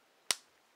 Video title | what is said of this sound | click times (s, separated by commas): Review on the matte finish case | and you just snap it on you'll hear it snap | 0.3 s